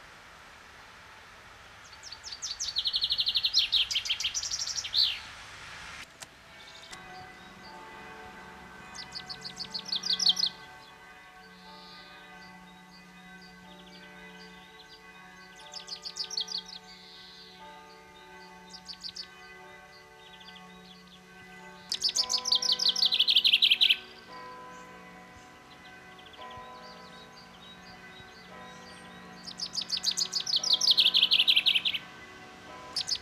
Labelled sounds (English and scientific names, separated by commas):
Common Chaffinch (Fringilla coelebs) song